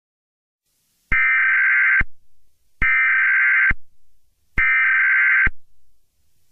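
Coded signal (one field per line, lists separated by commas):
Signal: Emergency Alert System (SAME) tones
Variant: header bursts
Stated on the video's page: Fictional EAS scenario series.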